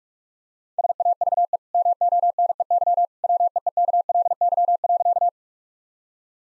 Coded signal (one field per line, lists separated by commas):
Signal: Morse code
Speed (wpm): 46 wpm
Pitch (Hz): 700 Hz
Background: none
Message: SAVE MONEY WEEKLY.